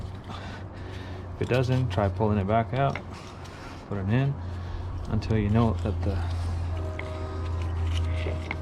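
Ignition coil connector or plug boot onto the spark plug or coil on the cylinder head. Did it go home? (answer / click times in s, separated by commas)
yes / 8.5 s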